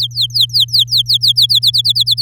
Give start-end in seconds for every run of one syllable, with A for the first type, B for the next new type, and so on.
0.00-1.59 A, 1.62-2.22 B